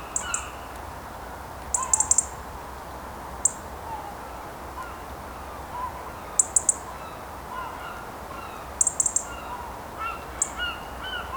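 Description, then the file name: European robin sharp ticking calls, short dry clicks given singly and in quick clusters of two to four, with faint lower bird notes between them. "Erithacus rubecula"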